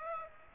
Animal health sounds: mosquito wingbeat signal from an infrared sensor; Aedes aegypti

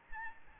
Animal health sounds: mosquito wingbeat signal from an infrared sensor; Aedes albopictus

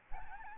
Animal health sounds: mosquito wingbeat signal from an infrared sensor; Aedes albopictus

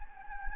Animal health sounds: mosquito wingbeat signal from an infrared sensor; Anopheles gambiae

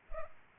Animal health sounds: mosquito wingbeat signal from an infrared sensor; Culex pipiens

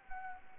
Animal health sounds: mosquito wingbeat signal from an infrared sensor; Anopheles arabiensis

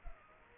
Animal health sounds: mosquito wingbeat signal from an infrared sensor; Culex pipiens

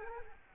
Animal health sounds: mosquito wingbeat signal from an infrared sensor; Culex quinquefasciatus

